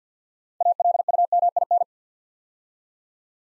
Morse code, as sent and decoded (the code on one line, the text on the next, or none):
.- .-.. ..- -- .. -.
ALUMIN